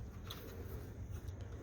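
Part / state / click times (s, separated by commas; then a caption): plastic gauge cluster piece into cluster housing / seated / 0.3 s. A plastic gauge cluster piece for a 2016 Ford Focus is pressed into its cluster housing, and its remaining snap tabs are pushed home. A sharp click at 0.3 seconds stands out over a steady low hum. The tab snaps into place and the piece is seated.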